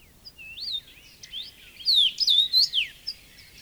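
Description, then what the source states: Common rosefinch song, one short phrase of clear, slurred whistles, with fainter, softer notes before and after it. Found in suitable shrubland across southern and central Finland; fairly rare 20-30 years earlier.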